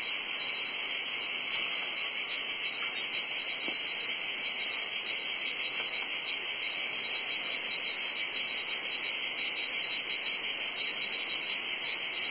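Cicadas droning continuously, a dense high electric buzz throughout.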